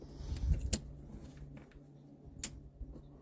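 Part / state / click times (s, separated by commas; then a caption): inline fuel filter into outboard fuel line quick-connect fittings / seated / 0.7 s, 2.4 s. An inline fuel filter on a 2022 Mercury 4-stroke outboard engine (75, 90 or 115 hp) is held up and slid down into its quick-connect fuel line fittings over a low background rumble. Two sharp clicks ring out at 0.7 s and 2.4 s. The filter is seated in the fittings.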